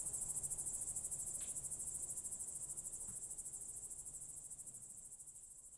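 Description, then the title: Cricket: high, rhythmically pulsing chirping that gradually grows quieter. Night crickets heard through a window in Goworów, Poland, late evening of 18 July 2022, World Listening Day; Zoom F4, AT BP4025. "Goworów 6, 57-515, Poland - World Listening Day/Night 18/07/2022-night crickets"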